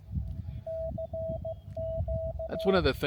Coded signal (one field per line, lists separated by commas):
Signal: Morse code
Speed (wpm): 16 wpm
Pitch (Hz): 650 Hz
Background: speech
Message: CQ